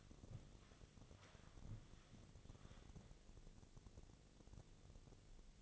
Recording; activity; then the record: daily activity, microphone in the room; walk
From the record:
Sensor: 4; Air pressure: 1001.2 hPa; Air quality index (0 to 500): 174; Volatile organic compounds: 2 ppm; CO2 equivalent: 1254 ppm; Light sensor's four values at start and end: 14/32/13/13 and 14/32/13/13